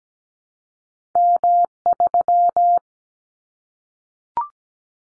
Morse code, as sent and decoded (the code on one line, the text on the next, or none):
-- ...--
M3